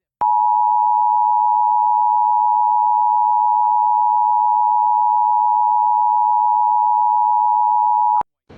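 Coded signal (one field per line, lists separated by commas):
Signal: Emergency Alert System (SAME) tones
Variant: 853 and 960 Hz attention tone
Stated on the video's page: Fictional EAS scenario recreating tones on an AT&T U-verse cable provider alert, with updated audio.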